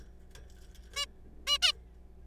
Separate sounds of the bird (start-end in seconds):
0.96-1.05, 1.47-1.58, 1.62-1.72